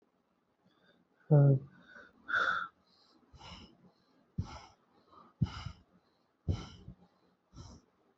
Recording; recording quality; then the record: shallow breathing; excellent, no background noise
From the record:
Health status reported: healthy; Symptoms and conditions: cough, cold, fever, muscle pain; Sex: male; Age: 34 years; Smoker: no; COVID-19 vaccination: both doses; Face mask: not worn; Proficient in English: yes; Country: India